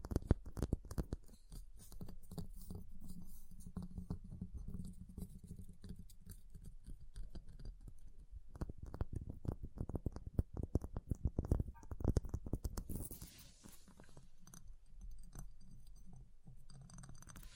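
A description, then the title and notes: Ice being tapped, scratched and carved, with dense clusters of quick crisp clicks and scrapes that thicken around the eighth to twelfth seconds. Near the thirteenth second a brighter, hissing scrape takes over briefly before the tapping resumes. ASMR Ice Tapping, Scratching, Carving Sounds (No Talking).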